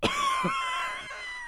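A sharp explosive cough burst with a voiced, drawn-out tail: a single adult cough, sound effect.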